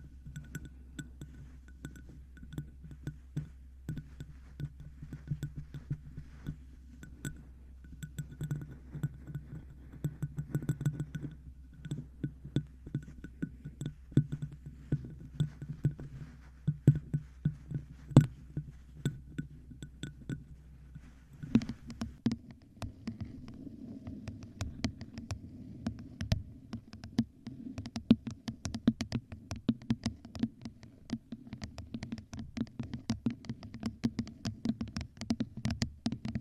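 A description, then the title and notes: Rapid tapping on objects against a microphone, a dense patter of soft, low knocks with sharper clicks scattered through. There is a steady low hum under the first twenty seconds. Around 21 seconds the object changes and the taps turn brighter and busier, continuing to the end. ASMR Tapping 6 Random Tingly Objects On The Mic,(No Talking).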